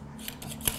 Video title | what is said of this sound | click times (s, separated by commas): iFootage Mini crane | and then until it clicks and then just lock it here and now we add the fluid head | 0.7 s